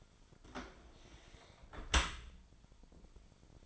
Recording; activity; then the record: daily activity, microphone in the room; close dishwasher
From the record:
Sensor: 5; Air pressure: 1003.2 hPa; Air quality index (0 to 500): 130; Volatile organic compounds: 1 ppm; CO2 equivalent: 950 ppm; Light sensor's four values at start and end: 89/218/90/102 and 93/228/93/107